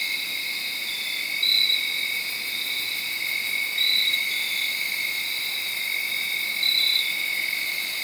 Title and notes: Crickets (field recording). late on Saturday night/Sunday morning. The location was in Sharon, Pennsylvania, under a tree. This was made around 12:00 in the morning